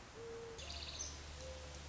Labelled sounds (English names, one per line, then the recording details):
Mourning Dove
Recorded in Sonoma County, California